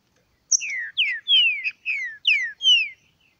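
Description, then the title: Green-winged saltator song, a quick phrase of several rich whistled notes, each slurring downward. Wild bird singing in the forest while competing with another free-living bird. "Trinca Ferro NICÃ O"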